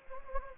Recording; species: mosquito wingbeat signal from an infrared sensor; Anopheles gambiae